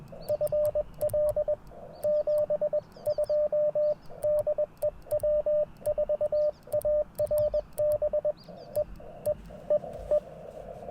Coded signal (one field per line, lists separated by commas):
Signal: Morse code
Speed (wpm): 21 wpm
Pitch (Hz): 590 Hz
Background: radio noise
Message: FL 72 DE W4ARB E E E E